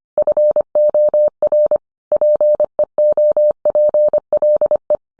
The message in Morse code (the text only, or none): FOR PEOPLE